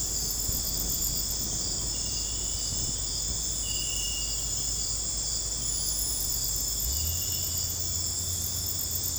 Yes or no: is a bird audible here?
no